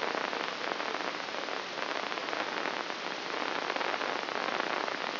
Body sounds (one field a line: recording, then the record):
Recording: brain microelectrode recording played as sound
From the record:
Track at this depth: inside the subthalamic nucleus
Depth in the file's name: 4.465 mm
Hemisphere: left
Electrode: 3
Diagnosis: Parkinson's disease